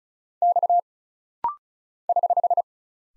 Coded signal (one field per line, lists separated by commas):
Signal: Morse code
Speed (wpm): 35 wpm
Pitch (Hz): 700 Hz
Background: none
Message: X <HH>